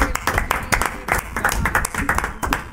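A burst of applause on a radio show, called for the show's console operator: many hands clapping in a dense, irregular patter that holds steady for a few seconds, with some crowd voices mixed into the clapping.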